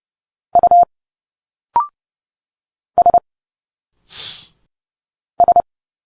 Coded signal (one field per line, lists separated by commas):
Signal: Morse code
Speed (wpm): 30 wpm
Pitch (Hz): 700 Hz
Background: none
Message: U S S